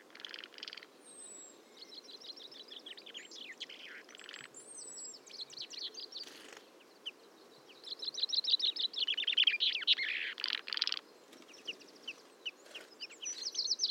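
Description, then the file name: Common chaffinch calls in a dense bird chorus: thin high chirps and fast trills, rising to a loud burst of overlapping notes after eight seconds. "Fringilla coelebs"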